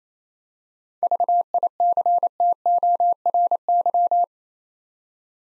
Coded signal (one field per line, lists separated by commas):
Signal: Morse code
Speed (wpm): 27 wpm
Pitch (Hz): 700 Hz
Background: none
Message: VICTORY